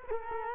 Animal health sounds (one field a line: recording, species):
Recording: mosquito wingbeat signal from an infrared sensor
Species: Culex quinquefasciatus